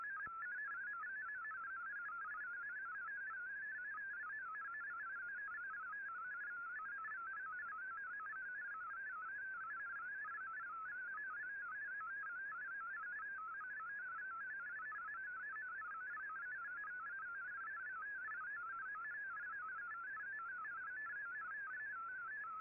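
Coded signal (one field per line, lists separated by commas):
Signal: multi-tone FSK (Olivia or MFSK type)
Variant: MFSK32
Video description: Here is my decode of the Shortwave Radiogram broadcast today on 15770Khz shortwave radio at 1300UTC in MFSK32 and 64 with 9 SSTV images.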